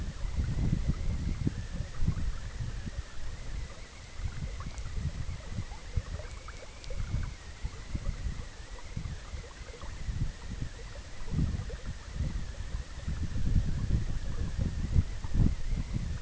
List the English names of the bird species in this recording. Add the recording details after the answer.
none. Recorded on Arctic tundra, site EABA-MC, on 20 June 2019. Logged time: 14:00